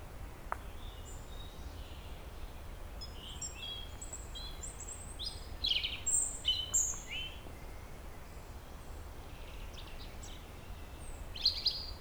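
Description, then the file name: European robin song of scattered high, thin notes and brief trills, delivered in irregular bursts, loudest around six seconds and again near the end. "Erithacus rubecula"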